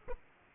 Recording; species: mosquito wingbeat signal from an infrared sensor; Aedes aegypti